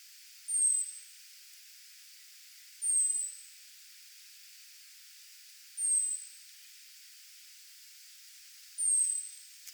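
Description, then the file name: European robin giving a thin, very high descending call note, repeated every two and a half to three seconds, four times, over faint steady hiss. "Erithacus rubecula"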